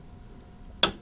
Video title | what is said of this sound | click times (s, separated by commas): How to Build a PC_x264.mp4 | latching see snaps into place flip the lever over and that'll cinch it down and you're done | 0.8 s